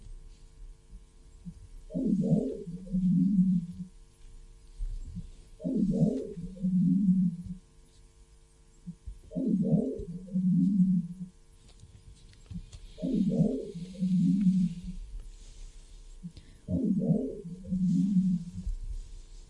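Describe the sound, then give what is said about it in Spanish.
A strange, ghostly dog-like bark repeats five times at a steady pace, each a low, hollow two-part call with a brief pause between, standing alone over a faint low hum. “Venga, pasamos a la siguiente y se oye un como una especie de ladrido extraño.”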